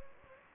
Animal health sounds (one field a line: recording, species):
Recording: mosquito wingbeat signal from an infrared sensor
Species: Anopheles gambiae